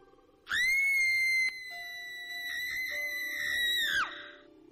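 A woman's shrill, piercing scream holds one high, steady pitch for about three and a half seconds, loud throughout, then breaks off abruptly.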